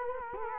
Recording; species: mosquito wingbeat signal from an infrared sensor; Culex quinquefasciatus